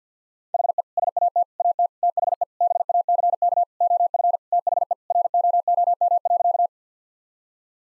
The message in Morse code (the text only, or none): HE SAT AT THE BACK OF THE ROOM.